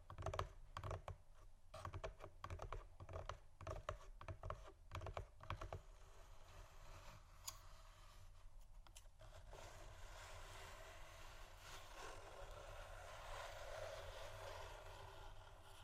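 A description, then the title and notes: Rapid tapping and scratching on cardboard boxes for about six seconds, then sparser taps fading into a steady low hum and soft hiss. ASMR Scratching & Tapping Cardboard Boxes（No Talking）.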